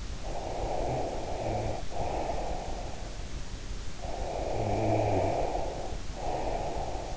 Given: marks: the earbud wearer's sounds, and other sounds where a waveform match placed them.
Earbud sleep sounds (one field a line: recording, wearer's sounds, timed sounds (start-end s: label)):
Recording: sounds in sleep by an in-ear microphone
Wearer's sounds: breath, snoring breath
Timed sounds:
0.18-3.10 s: breath
3.88-7.17 s: snoring breath